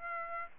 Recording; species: mosquito wingbeat signal from an infrared sensor; Aedes aegypti